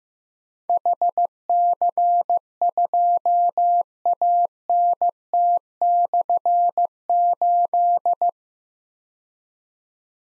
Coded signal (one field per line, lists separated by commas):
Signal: Morse code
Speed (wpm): 15 wpm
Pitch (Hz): 700 Hz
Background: none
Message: HC2ANT/8